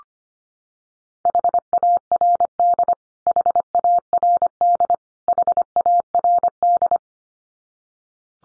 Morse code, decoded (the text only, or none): HARD HARD HARD